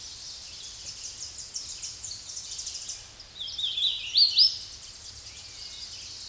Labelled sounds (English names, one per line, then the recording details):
Hooded Warbler song
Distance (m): 15 m
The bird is about 10 m above the microphone
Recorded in a Pennsylvania forest on 16 May 2024 at 08:01
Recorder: AudioMoth, point MSD-2110
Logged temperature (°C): 16.4 °C
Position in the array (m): 40 m, 181 m